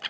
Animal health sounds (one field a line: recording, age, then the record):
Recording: pig call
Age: piglet (1 to 25 days)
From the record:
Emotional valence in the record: positive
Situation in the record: after nursing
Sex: male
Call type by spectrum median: high-frequency call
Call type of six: low-frequency tonal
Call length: 0.10 s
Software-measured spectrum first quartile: 1813 Hz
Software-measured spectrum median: 2731 Hz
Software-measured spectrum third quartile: 3240 Hz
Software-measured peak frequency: 3210 Hz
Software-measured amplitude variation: 228 dB a second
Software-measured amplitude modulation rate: 5.1 a second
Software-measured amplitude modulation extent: 44.4 dB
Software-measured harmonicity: 2.8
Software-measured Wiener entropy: -1.14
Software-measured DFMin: 766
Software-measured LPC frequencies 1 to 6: 887, 1639, 3212, 4281, 4854, 6279 Hz